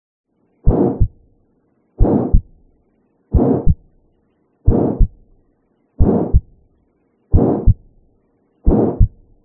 A crescendo-decrescendo character due to the speed of blood flow across the valve during different periods of systole. Flow during systole is slowest at the start and end and fastest in the middle. Ejection systolic high-pitched murmur. Aortic stenosis, the murmur radiates to the carotids as the turbulence continues up into the neck.